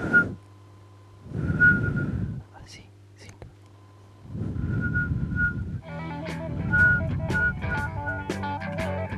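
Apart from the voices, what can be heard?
person whistling a tune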